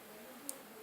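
The airflow control ring on the base of an Aspire Nautilus 5 ml vape tank is turned until it clicks into a detent. A single sharp, bright tick sounds at 0.5 s over a low, steady background hum. The ring is seated in its detent position.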